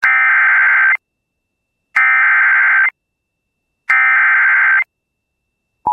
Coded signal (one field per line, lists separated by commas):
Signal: Emergency Alert System (SAME) tones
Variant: header bursts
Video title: Severe Thunderstorm Warning (4/17/26) [EAS #384]